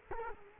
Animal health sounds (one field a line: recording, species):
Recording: mosquito wingbeat signal from an infrared sensor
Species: Culex quinquefasciatus